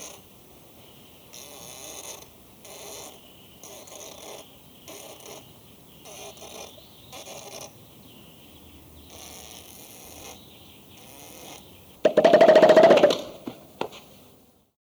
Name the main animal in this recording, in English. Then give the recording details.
Western Gorilla. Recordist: Tembrock, Günter. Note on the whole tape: Männchen: Brusttrommeln, Geräusche (Lippengeräusche), Brummen